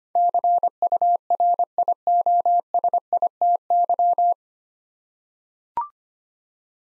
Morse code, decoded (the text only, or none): CURIOSITY